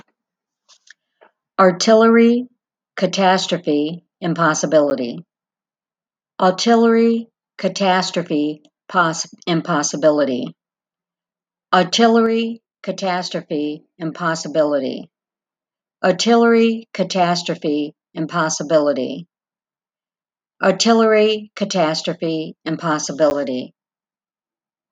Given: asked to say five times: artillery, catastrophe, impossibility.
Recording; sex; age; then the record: three words, each repeated; female; 60 to 69 years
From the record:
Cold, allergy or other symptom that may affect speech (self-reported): no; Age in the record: 61 years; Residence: Florida, United States